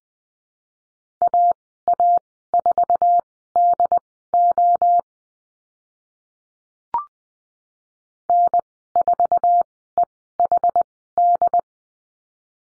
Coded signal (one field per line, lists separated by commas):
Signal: Morse code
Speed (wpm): 20 wpm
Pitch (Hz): 700 Hz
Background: none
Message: AA4DO N4EHD